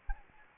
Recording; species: mosquito wingbeat signal from an infrared sensor; Anopheles gambiae